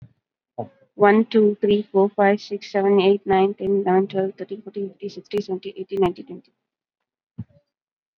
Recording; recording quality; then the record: counting at a normal pace; excellent, no background noise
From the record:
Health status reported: COVID-19 positive, mild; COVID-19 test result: positive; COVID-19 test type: RT-PCR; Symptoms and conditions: cough, cold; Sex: female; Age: 32 years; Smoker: no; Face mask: worn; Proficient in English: yes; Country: India